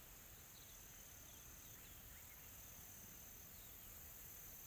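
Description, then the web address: Insects in a faint, steady high-pitched drone. Calm, soft insect ambience recorded in a tropical forest in South Africa. "Smart Sound FX - Nature South Africa AMBIENCE Additional Tropical Forest Soft Insects Calm"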